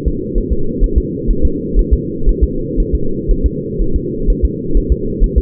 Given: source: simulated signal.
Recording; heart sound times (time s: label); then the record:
fetal heart sounds
0.08 s: S2
0.38 s: S1
0.52 s: S2
0.84 s: S1
0.98 s: S2
1.31 s: S1
1.45 s: S2
1.79 s: S1
1.94 s: S2
2.29 s: S1
2.44 s: S2
2.80 s: S1
2.95 s: S2
3.31 s: S1
3.46 s: S2
3.82 s: S1
3.96 s: S2
4.30 s: S1
4.45 s: S2
4.77 s: S1
4.92 s: S2
5.24 s: S1
5.38 s: S2
From the record:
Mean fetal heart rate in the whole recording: 130 bpm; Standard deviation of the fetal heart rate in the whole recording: 4 bpm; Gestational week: 38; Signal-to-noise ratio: -8.1 dB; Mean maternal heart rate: 72 bpm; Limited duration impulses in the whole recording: present